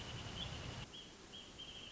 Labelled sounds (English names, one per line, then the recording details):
Wrentit
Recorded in Sonoma County, California